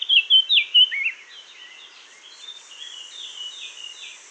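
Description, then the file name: Eurasian blackcap giving a loud run of rapid, varied warbled notes for about a second, then a softer, continuing chattering warble trailing off. "Sylvia atricapilla"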